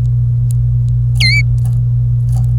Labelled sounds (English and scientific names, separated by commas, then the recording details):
Domestic Canary (Serinus canaria) song
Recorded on 26 April 2018 at 09:38
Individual llb3